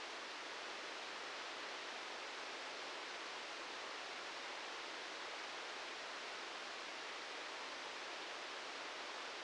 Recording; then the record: brain microelectrode recording played as sound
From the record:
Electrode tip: outside the subthalamic nucleus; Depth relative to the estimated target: -8 mm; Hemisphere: left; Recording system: NeuroSet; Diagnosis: Parkinson's disease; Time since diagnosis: 13 years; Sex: male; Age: 66 years